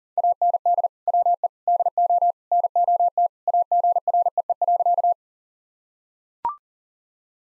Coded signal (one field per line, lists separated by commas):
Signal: Morse code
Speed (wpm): 40 wpm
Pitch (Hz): 700 Hz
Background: none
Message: AND WE DO NOT AGREE.